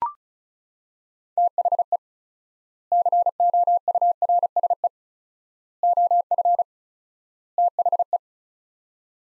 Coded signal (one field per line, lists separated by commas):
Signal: Morse code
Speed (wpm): 36 wpm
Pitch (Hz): 700 Hz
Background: none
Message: THE COURSE OF THE